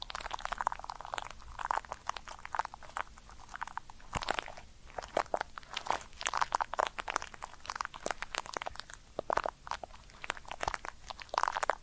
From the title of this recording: Ear Cleaning Triggers